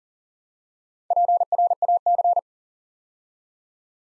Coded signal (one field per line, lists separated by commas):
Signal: Morse code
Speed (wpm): 38 wpm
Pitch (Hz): 700 Hz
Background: none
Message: PRAC